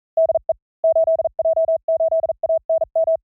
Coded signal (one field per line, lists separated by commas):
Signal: Morse code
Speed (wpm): 40 wpm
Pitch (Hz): 650 Hz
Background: none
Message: DE 8J8ANM